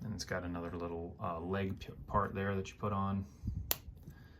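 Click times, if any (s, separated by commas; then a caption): 3.7 s. A small plastic leg part is pushed onto a toy's display stand and snaps into place with one sharp click at 3.7 seconds. Someone talks throughout the clip before the click.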